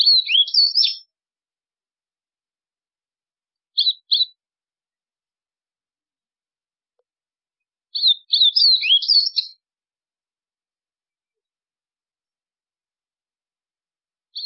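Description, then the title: White-throated seedeater repeating lively twittered phrases of high chips and quick slurs, broken by a brief two-note fragment and pauses of a few seconds. "Canto Do Golinha"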